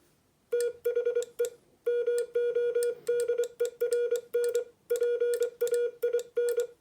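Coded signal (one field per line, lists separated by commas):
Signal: Morse code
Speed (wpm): 24 wpm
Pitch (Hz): 480 Hz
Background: none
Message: THE MODERN PAIN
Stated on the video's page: Plain-language Morse practice sent on a handmade paddle.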